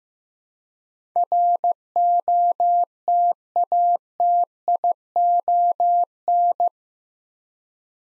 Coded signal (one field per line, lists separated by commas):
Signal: Morse code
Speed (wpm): 15 wpm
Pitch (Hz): 700 Hz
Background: none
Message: ROTATION